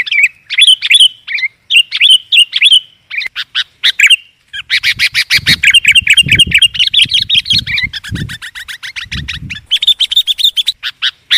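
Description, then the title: Lovebird chatter, bursts of shrill high chirps followed by dense, fast buzzy twittering, with several low thuds or knocks underneath. Lure sound used for trapping lovebirds. "PIKAT BURUNG LOVEBIRD"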